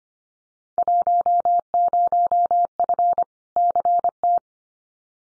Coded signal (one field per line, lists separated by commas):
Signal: Morse code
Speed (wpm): 25 wpm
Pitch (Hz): 700 Hz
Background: none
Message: 10F CT